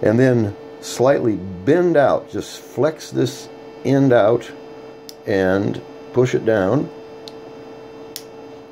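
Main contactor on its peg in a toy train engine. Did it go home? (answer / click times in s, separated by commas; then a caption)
yes / 8.2 s. Someone talks while holding the metal main contactor still on its peg in a Marx 999 toy train locomotive during replacement of the main contactor and spring, flexing one end out and pushing it down. A faint tick comes at about 7.3 s, then a sharper small tick at 8.2 s as the contactor pops into place over the peg, seated and repaired, over a steady low hum.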